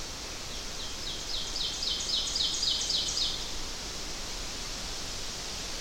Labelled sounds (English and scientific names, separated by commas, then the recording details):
Ovenbird (Seiurus aurocapilla) song
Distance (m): 40 m
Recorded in boreal forest in Alberta, Canada, on 12 June 2016 at 06:05
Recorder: SongMeter 3, array SBT-3-18
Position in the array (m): 68 m, 310 m
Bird 32